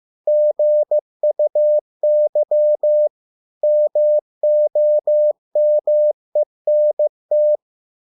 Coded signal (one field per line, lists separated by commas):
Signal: Morse code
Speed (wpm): 15 wpm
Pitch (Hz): 600 Hz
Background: none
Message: GUY MOMENT